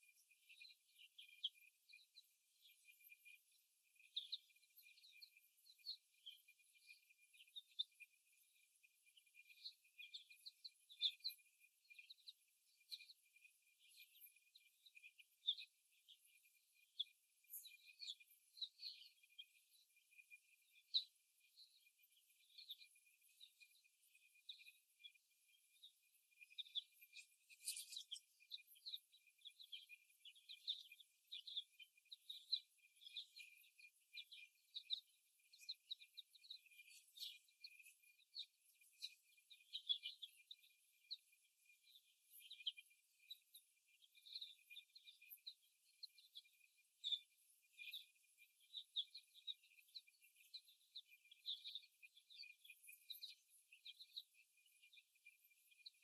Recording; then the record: young laying hens in a cage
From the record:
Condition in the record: before the stressor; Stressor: simulated dog barking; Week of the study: 1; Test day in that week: 1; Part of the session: 1